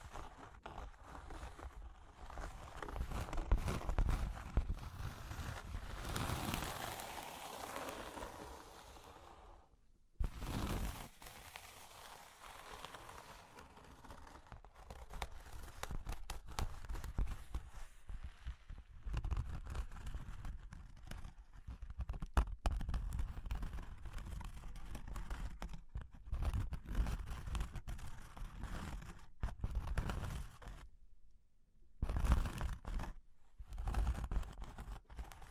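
Cork and wood being tapped, scratched and traced, mostly in rough, irregular rubbing and scraping with sharp taps scattered throughout. The texture thickens around six to eight seconds, then cuts to near silence at ten seconds and again around thirty-one seconds before resuming.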